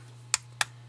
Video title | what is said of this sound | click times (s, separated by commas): Contour Flick Overview | and it snaps right in place with two clicks on each one on each side and you're good to go fits very nice | 0.3 s, 0.6 s